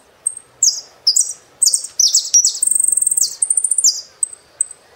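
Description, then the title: Saffron finch song: a run of high, sharp notes that falls into a fast rattling trill, then eases back to a few single chips. "Jilguero Argentino"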